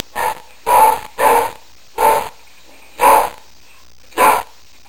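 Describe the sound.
Dog barking: six short, loud, gruff barks in under five seconds, unevenly spaced with pairs and single barks, quiet between them.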